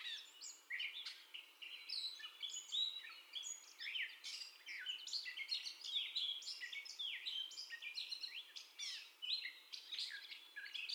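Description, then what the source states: Gray catbird pouring out a busy, nonstop jumble of squeaks, whistles and harsh chatter. Described as the catbird's first song, recorded on 30 May 2021.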